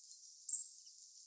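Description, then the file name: European robin uttering one high, thin call that starts sharply and trails off quickly, against soft background hiss. "Erithacus rubecula"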